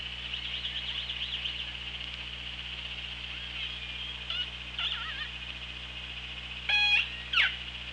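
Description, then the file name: Killer whale calls: faint wavering whistles early, then two louder harmonic pulsed bursts near the end, steady underwater hiss and hum throughout. Hydrophone, 24 August 2017. "Orca Lab. 20170824"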